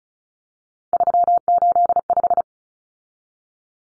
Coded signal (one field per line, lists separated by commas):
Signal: Morse code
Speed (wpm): 34 wpm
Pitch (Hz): 700 Hz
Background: none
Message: 385